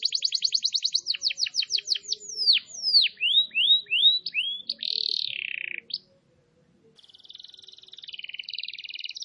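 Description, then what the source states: Canary song, rapid trills giving way to clear downward-sweeping whistles and a buzzy phrase, a short gap, then a softer fast trill. Lure recording (pikat) meant to attract birds.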